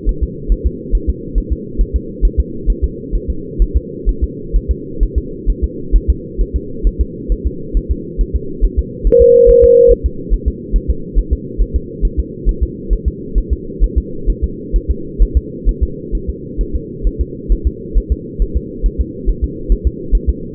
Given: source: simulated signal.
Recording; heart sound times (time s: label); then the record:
fetal heart sounds
0.09 s: S1
0.24 s: S2
0.52 s: S1
0.67 s: S2
0.95 s: S1
1.09 s: S2
1.38 s: S1
1.53 s: S2
1.81 s: S1
1.96 s: S2
2.25 s: S1
2.40 s: S2
2.70 s: S1
2.84 s: S2
3.16 s: S1
3.30 s: S2
3.62 s: S1
3.77 s: S2
4.09 s: S1
4.24 s: S2
4.56 s: S1
4.71 s: S2
5.03 s: S1
5.18 s: S2
5.50 s: S1
5.64 s: S2
5.96 s: S1
6.10 s: S2
6.41 s: S1
6.56 s: S2
6.87 s: S1
7.01 s: S2
7.32 s: S1
7.47 s: S2
7.77 s: S1
7.92 s: S2
8.21 s: S1
8.36 s: S2
8.65 s: S1
8.79 s: S2
9.07 s: S1
9.22 s: S2
9.50 s: S1
9.64 s: S2
9.92 s: S1
10.06 s: S2
10.34 s: S1
10.48 s: S2
10.76 s: S1
10.90 s: S2
11.19 s: S1
11.33 s: S2
11.62 s: S1
11.76 s: S2
12.05 s: S1
12.20 s: S2
12.49 s: S1
12.63 s: S2
12.93 s: S1
13.08 s: S2
13.38 s: S1
13.53 s: S2
13.84 s: S1
13.98 s: S2
14.30 s: S1
14.44 s: S2
14.76 s: S1
14.91 s: S2
15.22 s: S1
15.37 s: S2
15.69 s: S1
15.83 s: S2
16.15 s: S1
16.30 s: S2
16.61 s: S1
16.75 s: S2
17.07 s: S1
17.21 s: S2
17.52 s: S1
17.67 s: S2
17.98 s: S1
18.12 s: S2
18.42 s: S1
18.57 s: S2
18.86 s: S1
19.01 s: S2
19.29 s: S1
19.44 s: S2
19.72 s: S1
19.87 s: S2
20.15 s: S1
20.29 s: S2
From the record:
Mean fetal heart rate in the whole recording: 135 bpm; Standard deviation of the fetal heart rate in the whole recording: 3 bpm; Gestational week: 36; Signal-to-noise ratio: -4.3 dB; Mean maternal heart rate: 72 bpm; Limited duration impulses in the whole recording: present